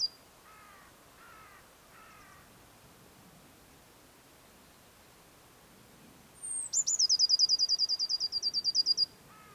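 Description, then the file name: Eurasian blue tit song, a long fast trill after a high opening note; earlier, three lower buzzy double notes. "Cyanistes caeruleus"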